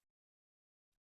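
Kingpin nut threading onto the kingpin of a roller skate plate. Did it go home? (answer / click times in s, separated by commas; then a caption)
no / none. A ribbed kingpin nut, ribbed side facing down, is tightened by hand down the threaded metal kingpin of a roller skate plate. Two short broadband bursts of handling sound occur, one at the very start and one near 0.9 to 1.0 s, with silence between them. Nothing has seated or clicked yet.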